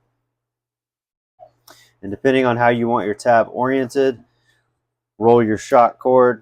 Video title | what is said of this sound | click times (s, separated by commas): 1350 Mill Works GSRS sling management install | pull until you hear it pop | 1.7 s